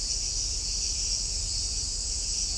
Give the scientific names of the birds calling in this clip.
none